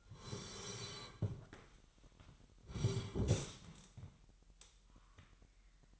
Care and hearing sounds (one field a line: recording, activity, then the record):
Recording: daily activity, microphone in the room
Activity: sit down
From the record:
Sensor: 3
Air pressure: 998.4 hPa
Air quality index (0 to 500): 127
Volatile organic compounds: 3 ppm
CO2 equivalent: 1522 ppm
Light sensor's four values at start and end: 10/22/9/11 and 8/19/8/8